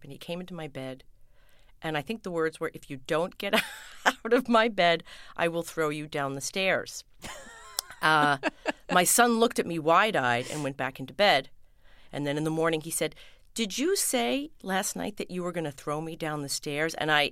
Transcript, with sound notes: And he came into my bed. And I think the words were, if you don't get (laughter) out of my bed, I will throw you down the stairs.
(Laughter).
My son looked at me wide-eyed and went back into bed. And then in the morning, he said, did you say, last night, that you were going to throw me down the stairs?